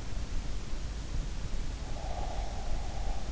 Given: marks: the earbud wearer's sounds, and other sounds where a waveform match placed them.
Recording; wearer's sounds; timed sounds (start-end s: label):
sounds in sleep by an in-ear microphone; breath
1.83-3.25 s: breath